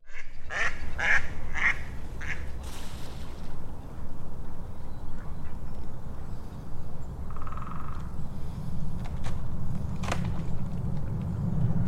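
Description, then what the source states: Ducks giving a few rough quacks in the first three seconds, then a short note near eight seconds, over a steady low rumble of traffic. Ducks marching on cracking ice in Park Wschodni, Księże Małe, 4 March 2018 at 17:05; distant city traffic; Sony PCM-D50 recorder.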